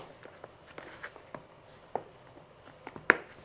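A plastic lid is pressed onto a lightener mixing container with the thumbs, working around the rim, giving sharp snaps at 0.8, 1.4, 2.0, 2.9 and 3.1 seconds, the last one the loudest. The lid ends up snapped shut and seated tight on the container.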